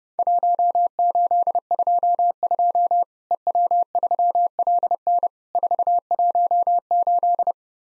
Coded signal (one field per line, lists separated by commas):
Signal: Morse code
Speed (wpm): 30 wpm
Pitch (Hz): 700 Hz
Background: none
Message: 1822 EW3LN 418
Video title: Worked All Europe DX Contest QTC Exchange with Repeats 30wpm